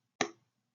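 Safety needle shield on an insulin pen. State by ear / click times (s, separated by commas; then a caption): seated / 0.2 s. An insulin pen fitted with an Autoshield Duo safety needle tip is held at a 90-degree angle on the injection site and pushed down until its plastic needle shield retracts. A single sharp, bright click sounds at 0.2 s and dies away within about a quarter second. The shield is now seated in its committed position and must stay there, because pulling out would engage the locking mechanism and make the needle unusable.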